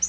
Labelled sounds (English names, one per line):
Yellow-rumped Warbler flight call